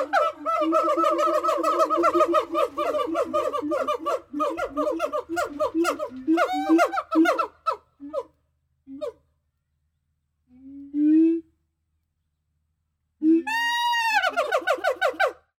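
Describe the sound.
Gibbon calls: a rapid train of rich, hooting notes, then scattered short notes and a gap, ending with loud, arching whoops.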